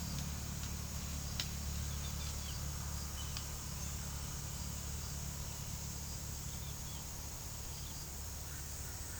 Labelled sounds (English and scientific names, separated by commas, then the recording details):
Yellow-tufted Woodpecker (Melanerpes cruentatus)
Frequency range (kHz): Yellow-tufted Woodpecker (Melanerpes cruentatus) 2.1-5.5 kHz
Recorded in pastures near Puerto Asís, Putumayo, Colombia, on 25 June 2025 at 15:30
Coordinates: 0.497, -76.327
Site G040